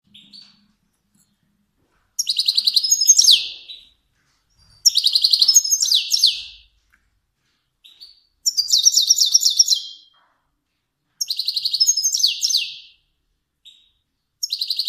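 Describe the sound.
Finch song: five bursts of fast, high twittering, each lasting one to two seconds, separated by short pauses.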